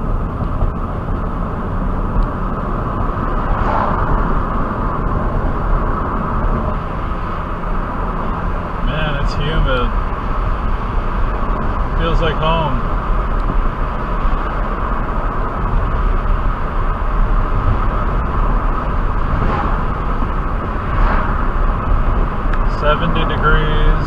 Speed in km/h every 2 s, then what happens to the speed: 50, 55, 60, 61, 64, 66, 66, 69, 71, 72, 72, 72.
0-17 speeds up to 72. 17-24 steady at about 72.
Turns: none.